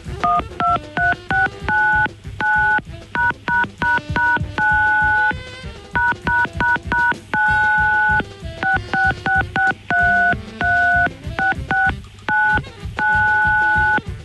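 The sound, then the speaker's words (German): A melody tapped out on telephone keypad tones, each key a short, bright dual-pitched beep, played in quick rhythmic runs with brief pauses between phrases, loud and without any talking. “Lustige Telefonmelodien. Heute der Klassiker.”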